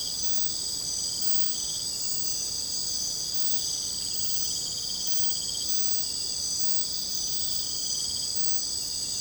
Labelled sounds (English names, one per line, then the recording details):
none
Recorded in secondary vegetation near Puerto Asís, Putumayo, Colombia, on 26 December 2024 at 01:30
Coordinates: 0.499, -76.323
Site G010